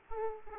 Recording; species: mosquito wingbeat signal from an infrared sensor; Aedes aegypti